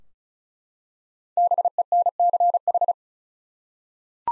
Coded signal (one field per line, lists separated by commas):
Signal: Morse code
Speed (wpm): 36 wpm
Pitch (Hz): 700 Hz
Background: none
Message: BENCH